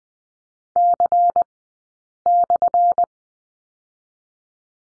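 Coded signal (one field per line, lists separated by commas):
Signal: Morse code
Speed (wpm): 20 wpm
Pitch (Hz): 700 Hz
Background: none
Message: C/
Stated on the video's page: Morse code course lesson on the slash character, sent at Farnsworth speed 20/10 wpm.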